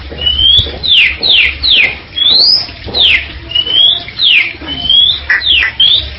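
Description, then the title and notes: Bali myna repeating clear whistles that swoop down or slide upward, with a low hum beneath. "Jalak Bali 2. Kicau Burung Jalak"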